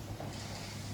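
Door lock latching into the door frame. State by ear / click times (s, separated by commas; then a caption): not seated / none. An entrance door with an auto operator, a Wonder Guard door, is left to swing shut so its lock can latch into the door frame. Only a steady low hum near 100 Hz and even broadband noise are heard, with no sudden sounds. The door has not closed and the lock has not clicked yet.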